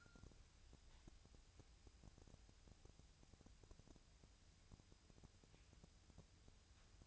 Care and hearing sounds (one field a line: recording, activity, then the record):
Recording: daily activity, microphone in the room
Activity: wipe stove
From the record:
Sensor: 2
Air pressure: 1001.4 hPa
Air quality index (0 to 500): 226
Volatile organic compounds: 25 ppm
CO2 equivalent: 2828 ppm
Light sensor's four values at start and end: 7/26/10/9 and 7/26/10/9